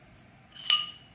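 A new Sentry STV LP1 seal, spring facing up, and a PEEK insert behind it are pushed into the bottom of the insertion tool. After quiet low background hum, a sharp, bright pop at 0.7 s rings briefly at high pitch and fades. The seal and insert are seated in the tool.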